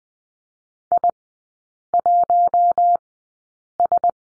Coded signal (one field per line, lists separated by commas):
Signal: Morse code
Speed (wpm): 20 wpm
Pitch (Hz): 700 Hz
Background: none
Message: I1S